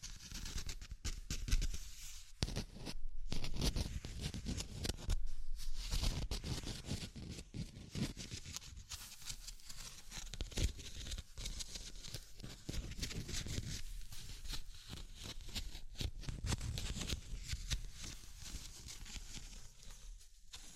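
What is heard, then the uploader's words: Continuous scratching and tapping with rapid irregular clicks, dense rustling texture, and brief quieter gaps around three and five seconds. ASMR Simple But Effective Tapping, Scratching, Tracing and Panning (No Talking).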